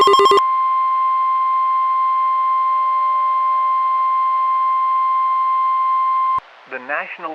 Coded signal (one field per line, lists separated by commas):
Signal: Emergency Alert System (SAME) tones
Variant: 1050 Hz attention tone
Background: speech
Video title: (REDUX) EF6 - a EAS Scenario